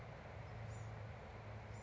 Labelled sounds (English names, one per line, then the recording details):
Bewick's Wren
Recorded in Sonoma County, California